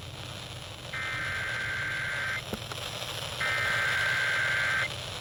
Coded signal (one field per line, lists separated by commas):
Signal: Emergency Alert System (SAME) tones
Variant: header bursts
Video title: MULTIPLE DAY ALERTS 4 | EAS Alerts from 8/17/26 - 8/22/26